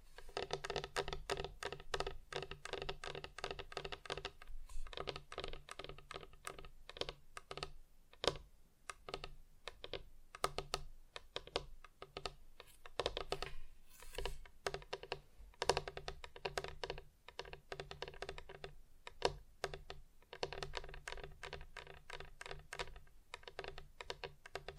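Rapid, dense tapping continues almost without pause for the whole stretch, with brief gaps around five, eight and fourteen seconds and a steady low hum underneath.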